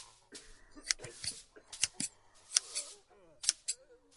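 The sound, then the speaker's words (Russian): Scissors snip right by a girl's ear as they cut her braid, in short, sharp metallic clicks, roughly eight of them in an uneven rhythm, some in quick pairs, with faint murmuring voice-like tones underneath. “Как будто на щелканье ножниц.”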